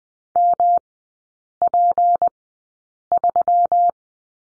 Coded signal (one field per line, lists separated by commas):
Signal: Morse code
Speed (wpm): 20 wpm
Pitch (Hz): 700 Hz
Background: none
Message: MP3